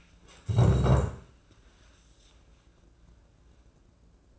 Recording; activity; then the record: daily activity, microphone in the room; stand up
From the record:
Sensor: 2